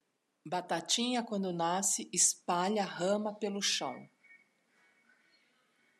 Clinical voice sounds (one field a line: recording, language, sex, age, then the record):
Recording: short text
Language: Brazilian Portuguese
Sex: female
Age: 50 to 59 years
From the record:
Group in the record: control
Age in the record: 55 years